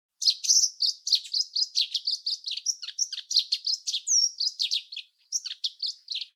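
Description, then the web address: Russet sparrow giving a rapid stream of high chirps and twitters, sharp notes tumbling over one another for about six seconds with one short pause near the end. "nyuunaisuzume"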